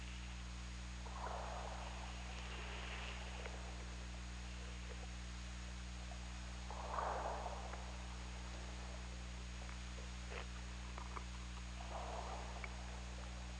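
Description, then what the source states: Killer whale, three muffled mid-pitched calls spaced several seconds apart, scattered faint clicks, and a persistent low droning hum. OrcaLab hydrophone, 17 February 2018 at 22:54.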